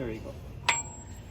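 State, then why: Torque reached. A click-type torque wrench set to 111 lb-ft tightens the front axle hub nut on a Chevrolet Volt. Someone talks at the start, then the wrench gives one sharp metallic click at 0.7 s with a brief ringing tail, confirming the nut has reached the set torque.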